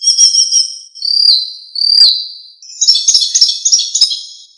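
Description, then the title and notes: Bird song of high, sweet whistled notes, a few sustained tones followed by a rapid run of bright chirping trills near the end. Birds singing in Indonesia. "Kicau Burung Indonesia"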